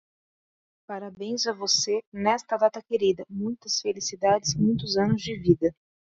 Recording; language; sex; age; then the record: short text; Brazilian Portuguese; female; 30 to 39 years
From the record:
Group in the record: control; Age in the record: 37 years